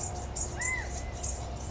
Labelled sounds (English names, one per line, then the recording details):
California Quail
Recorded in Sonoma County, California